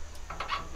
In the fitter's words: that pops right in there